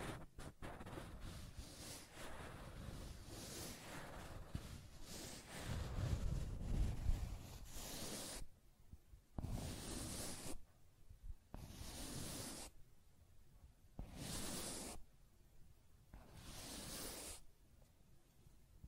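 Scratching and tracing sounds: a rough, dense scraping runs almost continuously for the first eight seconds, with a heavier low rumble around six to seven seconds. After that the strokes become separate bursts about every two seconds, with short quiet gaps between them.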